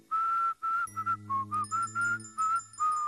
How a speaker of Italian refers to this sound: Il nonno era un omone grandissimo, uno che andava in giro fischiettando...